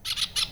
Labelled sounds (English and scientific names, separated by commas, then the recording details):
Brown-throated Parakeet (Eupsittula pertinax) contact call
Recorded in Venezuela
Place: Cerro Saroche, Hato Dalmatela, Edo. Lara
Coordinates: 10.149, -69.534